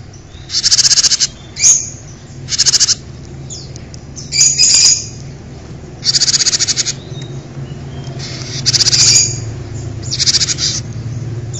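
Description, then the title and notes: Bird song: short, high, buzzy trill bursts repeated every second or two, with sharp chirps between them. "Bird Sound. Kicau Burung Lengkap"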